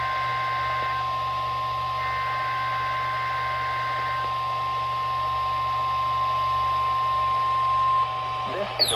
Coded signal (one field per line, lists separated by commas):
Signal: Emergency Alert System (SAME) tones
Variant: 1050 Hz attention tone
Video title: I FOUND MY ANTENNA | 5/15/24 - KHB38 & WXJ94 Required Weekly Tests (EAS #1068 & EAS #1069)